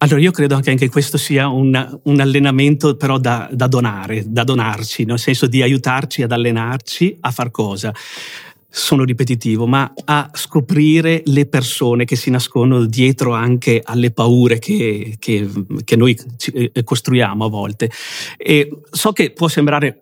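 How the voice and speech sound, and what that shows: Adult male speaking Italian with stuttering: repetitions of words and syllables and prolonged sounds, with pauses and blocks breaking up the flow of speech.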